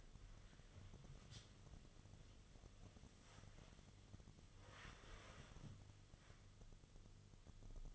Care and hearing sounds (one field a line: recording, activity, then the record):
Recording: daily activity, microphone in the room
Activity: wipe stove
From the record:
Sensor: 4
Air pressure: 1005.6 hPa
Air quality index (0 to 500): 107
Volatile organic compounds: 3 ppm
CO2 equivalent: 1337 ppm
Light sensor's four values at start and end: 12/27/10/10 and 12/26/10/10